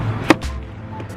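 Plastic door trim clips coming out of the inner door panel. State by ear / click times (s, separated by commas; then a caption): released / 0.3 s, 0.4 s. Plastic trim clips on the inside of a 2012 Chevy Tahoe truck door are pried loose with a tool to reach the door handle. A sharp snap at 0.3 s is followed by a softer pop at 0.4 s as the retaining clips pop free and the trim piece releases.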